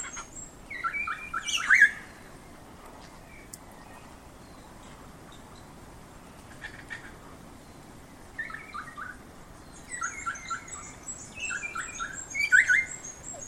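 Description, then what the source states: New Zealand kaka calls in separated bursts: a harsh group early, a long quiet gap, then several bursts toward the end. Recorded at Ackers Point.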